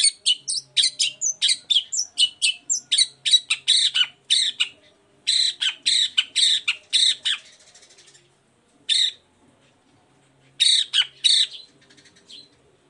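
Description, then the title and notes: Long-tailed shrike singing a rapid series of harsh chattering notes, then further groups after a short pause, ending in a few scattered bursts. Cendet singing in the morning with varied 'toet toet' notes; used as a lure to provoke other shrikes into answering. "Cendet Gacor Dor Di Kala Pagi Toet Toet Variasi Suara. Pancingan Emosi Cendet Gacor Full Variasi Toet Toet Bikin Nyaut Cendet Lain Langsung Ikutan Bunyi. Burung cendet"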